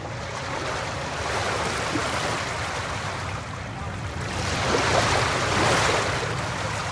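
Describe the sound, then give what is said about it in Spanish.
Steady sea waves wash and hiss over a low rumbling boat drone as the boat sails off across the sea, the surf swelling louder for a few seconds near the end before easing back. No voices. “Clarita subió al barco y el barco se fue por el mar.”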